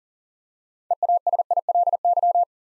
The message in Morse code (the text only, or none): EASILY